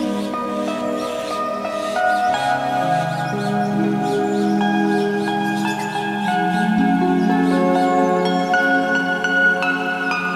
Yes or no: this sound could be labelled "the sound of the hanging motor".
no